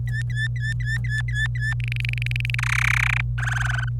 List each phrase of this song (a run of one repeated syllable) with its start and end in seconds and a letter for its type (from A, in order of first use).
0.08-1.74 A, 1.80-2.55 B, 2.58-3.21 C, 3.38-3.89 D